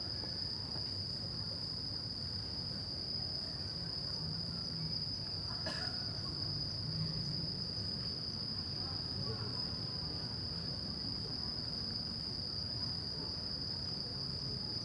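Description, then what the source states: Cricket chorus holding a constant high-pitched trill throughout, over low traffic hum, with a brief sharp knock midway. Crickets at night in Shinjuku Gyoen Park, Shinjuku, Tokyo, Japan; recorded with DPA 4060 AB microphones on a Deity PR-2.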